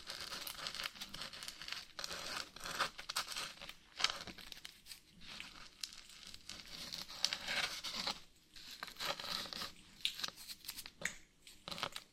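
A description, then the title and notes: Scratching goes on in irregular bursts for the whole twelve seconds, rough and papery with a bright, hissy edge. Strokes come in quick uneven runs with brief gaps, the busiest stretches around four and seven seconds, and a few sharp clicks stand out. ASMR Brain Melting Scratching (No Talking).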